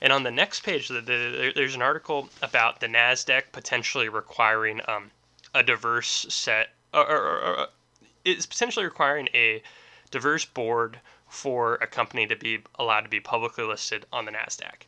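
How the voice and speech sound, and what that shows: An adult man who stutters and stammers reads aloud, repeating whole words ("the, the, the", "or, or, or"), with stretched sounds, fillers and halting pauses that break the flow of speech. This pattern fits stuttering, a fluency disorder that interrupts speech with repetitions, prolongations and blocks.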